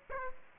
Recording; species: mosquito wingbeat signal from an infrared sensor; Aedes aegypti